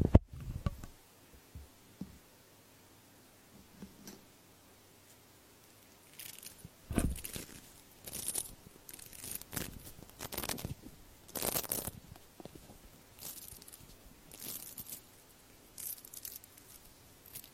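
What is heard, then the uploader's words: An earpick scrapes and rubs, making crackly, crunchy bursts. The first six seconds are quiet with only faint scattered clicks, then bright scratchy strokes come every second or so until the end, some louder and longer than others. Earpick to help you remove earwax.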